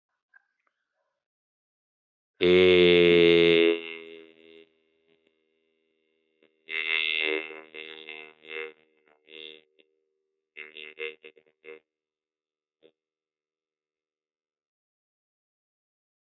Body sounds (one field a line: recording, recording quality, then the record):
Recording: sustained vowel as in made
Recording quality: excellent, no background noise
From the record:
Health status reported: healthy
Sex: male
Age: 41 years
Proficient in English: yes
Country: India